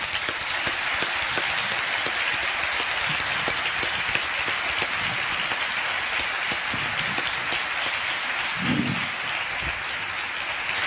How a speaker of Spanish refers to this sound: Sí. Pues vamos a dar un aplauso para Tomeo.